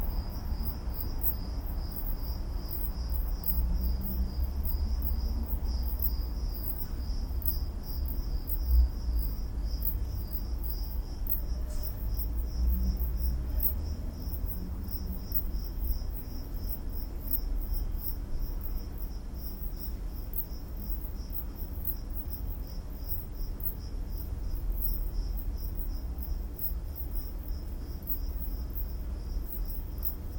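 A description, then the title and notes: Crickets chirp in a steady, fast pulsing trill high above a continuous low rumble throughout the recording. Some crickets recorded in Odessa, probably captured this in the hotel courtyard. Recorded with Sennheiser Ambeo headset for iPhone. Crickets In Odessa.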